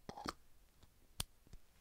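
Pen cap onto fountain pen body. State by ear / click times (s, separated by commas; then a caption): seated / 1.2 s. The slip-cap of a second fountain pen, a Lamy 2000 held by small steel tangs, is snapped shut onto the pen body. A couple of soft clicks and rustles come first, then a sharp, bright click at 1.2 s as the cap seats, followed by a faint tick. The cap is seated.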